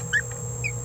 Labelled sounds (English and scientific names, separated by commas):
Green-rumped Parrotlet (Forpus passerinus) babbling